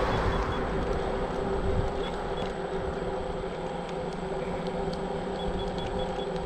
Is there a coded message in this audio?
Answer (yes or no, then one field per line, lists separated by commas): no